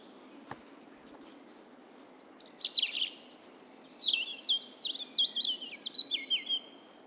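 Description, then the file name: European robin song: after a quiet start, a string of high, sharp, slurred notes repeated rapidly for about five seconds. "Erithacus rubecula"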